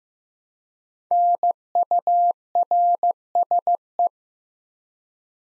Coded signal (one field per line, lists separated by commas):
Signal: Morse code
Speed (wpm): 15 wpm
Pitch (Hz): 700 Hz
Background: none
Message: NURSE